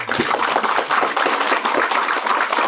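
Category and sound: crowd, audience applause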